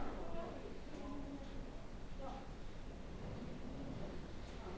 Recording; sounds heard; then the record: poultry house recording; no chicken sound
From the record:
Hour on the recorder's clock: 15